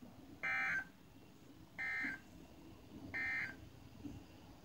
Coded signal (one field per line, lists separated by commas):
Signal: Emergency Alert System (SAME) tones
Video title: Another flash flood watch on WX4CH 5/19/20 (EAS#62)